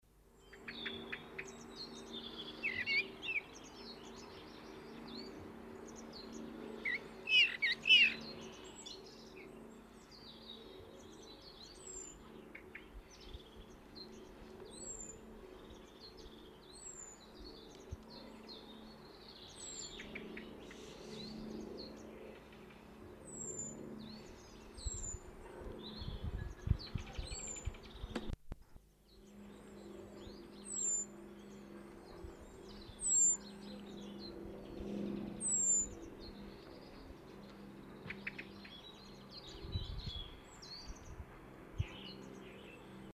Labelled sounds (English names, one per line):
Common Blackbird call